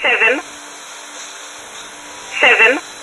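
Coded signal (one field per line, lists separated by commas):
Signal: numbers station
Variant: E11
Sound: two short spoken words, evenly spaced, thin radio voice over steady hiss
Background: radio static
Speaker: 11 and it's broadcasting from Poland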